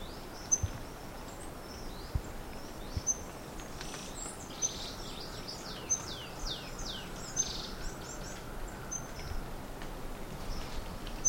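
Slaty brush finch giving a series of thin, high descending slurs midway, with sharp high ticks repeated every second or two against constant hiss.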